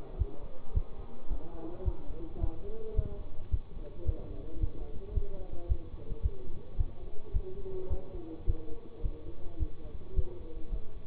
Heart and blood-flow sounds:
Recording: heart sounds by stethoscope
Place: between the tricuspid and mitral areas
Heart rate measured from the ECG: 108 bpm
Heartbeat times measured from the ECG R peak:
0.18 s: heartbeat
0.74 s: heartbeat
1.29 s: heartbeat
1.85 s: heartbeat
2.41 s: heartbeat
2.96 s: heartbeat
3.51 s: heartbeat
4.06 s: heartbeat
4.60 s: heartbeat
5.14 s: heartbeat
5.68 s: heartbeat
6.22 s: heartbeat
6.78 s: heartbeat
7.33 s: heartbeat
7.89 s: heartbeat
8.46 s: heartbeat
9.03 s: heartbeat
9.59 s: heartbeat
10.15 s: heartbeat
10.71 s: heartbeat
From the record:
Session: bicycle stress test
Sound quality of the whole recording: good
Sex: male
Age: 24 years

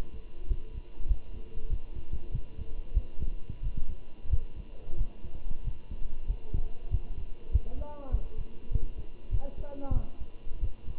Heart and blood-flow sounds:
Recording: heart sounds by stethoscope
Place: between the tricuspid and mitral areas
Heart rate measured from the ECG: 95 bpm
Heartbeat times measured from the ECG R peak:
0.48 s: heartbeat
1.08 s: heartbeat
1.70 s: heartbeat
2.33 s: heartbeat
2.95 s: heartbeat
3.63 s: heartbeat
4.31 s: heartbeat
4.98 s: heartbeat
5.65 s: heartbeat
6.28 s: heartbeat
6.91 s: heartbeat
7.53 s: heartbeat
8.12 s: heartbeat
8.72 s: heartbeat
9.31 s: heartbeat
9.94 s: heartbeat
10.61 s: heartbeat
From the record:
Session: walking at 3.7 km/h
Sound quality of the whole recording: good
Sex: male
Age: 23 years

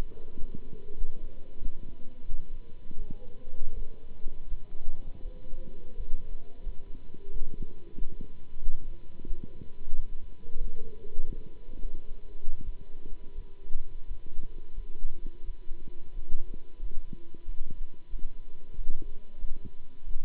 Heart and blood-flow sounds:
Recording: heart sounds by stethoscope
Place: between the tricuspid and mitral areas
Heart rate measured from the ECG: 88 bpm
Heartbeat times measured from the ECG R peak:
0.37 s: heartbeat
0.96 s: heartbeat
1.60 s: heartbeat
2.27 s: heartbeat
2.95 s: heartbeat
3.73 s: heartbeat
4.47 s: heartbeat
5.21 s: heartbeat
5.95 s: heartbeat
6.62 s: heartbeat
7.30 s: heartbeat
7.96 s: heartbeat
8.60 s: heartbeat
9.25 s: heartbeat
9.93 s: heartbeat
10.59 s: heartbeat
11.25 s: heartbeat
11.81 s: heartbeat
12.63 s: heartbeat
13.34 s: heartbeat
14.07 s: heartbeat
14.74 s: heartbeat
15.44 s: heartbeat
16.12 s: heartbeat
16.78 s: heartbeat
17.44 s: heartbeat
18.09 s: heartbeat
18.74 s: heartbeat
19.38 s: heartbeat
20.05 s: heartbeat
From the record:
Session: Bruce protocol treadmill stress test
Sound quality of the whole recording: good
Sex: male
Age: 26 years

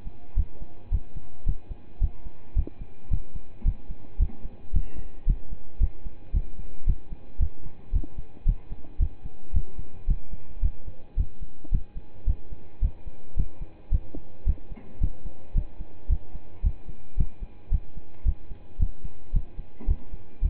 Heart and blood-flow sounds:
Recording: heart sounds by stethoscope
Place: between the tricuspid and mitral areas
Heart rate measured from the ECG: 111 bpm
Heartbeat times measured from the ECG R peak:
0.36 s: heartbeat
0.91 s: heartbeat
1.46 s: heartbeat
2.01 s: heartbeat
2.56 s: heartbeat
3.10 s: heartbeat
3.65 s: heartbeat
4.19 s: heartbeat
4.73 s: heartbeat
5.27 s: heartbeat
5.80 s: heartbeat
6.33 s: heartbeat
6.86 s: heartbeat
7.39 s: heartbeat
7.92 s: heartbeat
8.46 s: heartbeat
8.99 s: heartbeat
9.53 s: heartbeat
10.07 s: heartbeat
10.62 s: heartbeat
11.17 s: heartbeat
11.71 s: heartbeat
12.26 s: heartbeat
12.81 s: heartbeat
13.36 s: heartbeat
13.91 s: heartbeat
14.46 s: heartbeat
15.00 s: heartbeat
15.55 s: heartbeat
16.09 s: heartbeat
16.63 s: heartbeat
17.17 s: heartbeat
17.71 s: heartbeat
18.25 s: heartbeat
18.79 s: heartbeat
19.33 s: heartbeat
19.87 s: heartbeat
20.42 s: heartbeat
From the record:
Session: pedaling a stationary bicycle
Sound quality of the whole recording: partially saturated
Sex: male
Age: 27 years

